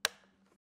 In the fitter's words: if using pure flow ear defenders push into each side of the unit until they click into place